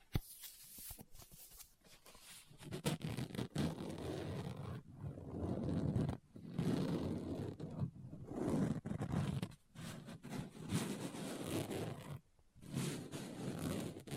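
Pages turn and a book is scratched in rough, dense bursts, with brief silent gaps near 5, 6, 8 and 12 seconds.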